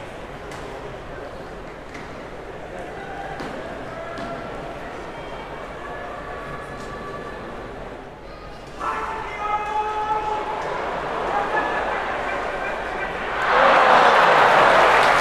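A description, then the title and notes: A busy Tokyo scene with steady crowd murmur and voices throughout, plus a low rumble underneath. After about nine seconds several held tones sound together, like a chime or signal, and near thirteen seconds a loud, bright hiss rises and takes over to the end. Sounds of Tokyo | Tokyo, Japan.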